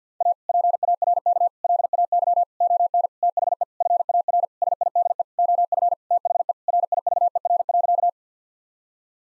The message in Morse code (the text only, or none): A PARK LAY ON THE FAR SIDE OF THE RIVER.